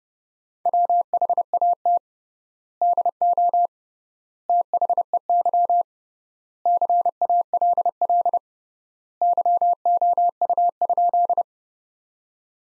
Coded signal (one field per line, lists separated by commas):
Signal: Morse code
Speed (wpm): 30 wpm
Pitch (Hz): 700 Hz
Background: none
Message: WHAT DO THEY CALL YOU?